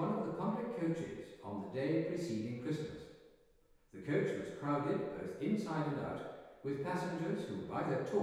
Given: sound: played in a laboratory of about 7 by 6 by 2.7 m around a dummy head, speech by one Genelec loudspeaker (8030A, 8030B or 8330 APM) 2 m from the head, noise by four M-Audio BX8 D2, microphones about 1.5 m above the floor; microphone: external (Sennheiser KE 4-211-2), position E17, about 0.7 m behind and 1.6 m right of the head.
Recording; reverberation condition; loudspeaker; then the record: male speech in English; high; 60 degrees to the left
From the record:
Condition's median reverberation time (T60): about 1300 ms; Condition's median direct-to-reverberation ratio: about -4.0 dB